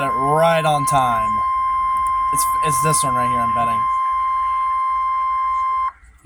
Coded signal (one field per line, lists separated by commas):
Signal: Emergency Alert System (SAME) tones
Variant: 1050 Hz attention tone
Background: speech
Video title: INSANITY. (EAS#306-339)